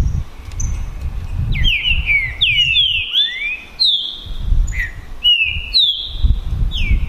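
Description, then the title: Green-winged saltator delivering repeated whistled phrases, each a sharp drop into a smooth rising or level note, over low rumbling background noise. Song contest (disputa) between two trinca-ferros, Naval versus Demolidor, 2022 season; birds calling, singing and 'macheando' in the dispute. "TRINCA Piando, Cantando E Macheando Na DISPUTA. DISPUTA DE TRINCA FERRO NAVAL VS DEMOLIDOR 2022 TEMPORADA 2022"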